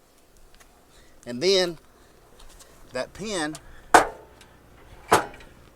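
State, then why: Seated. A spring-loaded retaining pin in a restroom-trailer stall assembly is held out so the nut clears it while the part is pushed in. Someone talks, and at 4.0 s the pin snaps into its hole with a sharp metallic click, seating it in place. A second sharp click follows at about 5.1 s.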